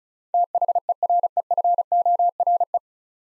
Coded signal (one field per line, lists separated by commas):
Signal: Morse code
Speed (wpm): 36 wpm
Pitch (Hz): 700 Hz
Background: none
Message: THEREFORE